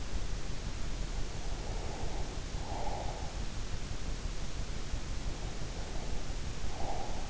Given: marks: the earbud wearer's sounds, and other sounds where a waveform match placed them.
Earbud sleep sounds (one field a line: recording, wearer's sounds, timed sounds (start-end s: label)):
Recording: sounds in sleep by an in-ear microphone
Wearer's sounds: breath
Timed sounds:
1.36-3.32 s: breath
5.31-7.30 s: breath